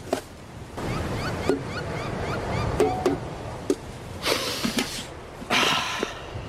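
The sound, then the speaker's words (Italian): A steady roar of Pacific Ocean surf washing onto the shore, with a few louder surging bursts, a rush of wind and faint repeated bird chirps. No one speaks. “E quindi, nel rispetto di quelle che pensiamo potessero essere le tue ultime volontà, affidiamo queste tue spoglie mortali alle onde dell'Oceano Pacifico che tu amavi tanto.”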